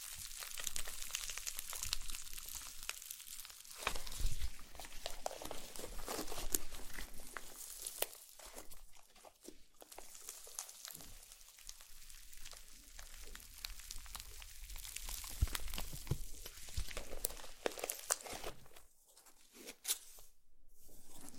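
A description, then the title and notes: Slime is squished and crinkled in a dense, steady run of bright crackling and squelching, with brief pauses near 4, 11 and 20 seconds. ASMR SLIME SATISFYING - NO TALKING.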